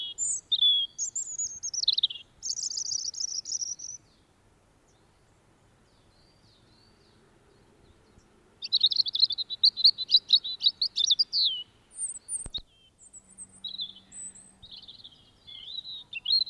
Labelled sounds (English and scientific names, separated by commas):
European Robin (Erithacus rubecula) song